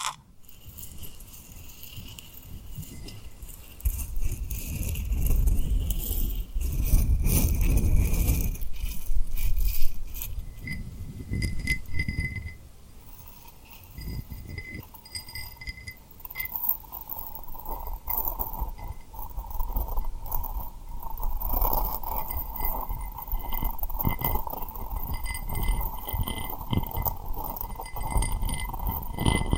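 Tapping and rubbing on a rhinestone surface, mixed with soft mouth sounds. A dense, busy run of quick clicks and scratchy rubbing grows heavier around five to ten seconds, then eases into lighter, more scattered taps with a faint steady tone underneath.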